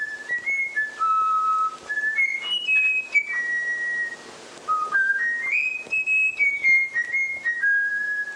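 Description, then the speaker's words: Eurasian bullfinch whistling a taught flute melody: clear, pure notes stepping up and down in a tuneful phrase. Bullfinch whistling a human flute melody it was taught; bullfinches learn such tunes only if trained when young. "это поет снегирь. То есть это флейтовая мелодия, которую научился петь снегирь."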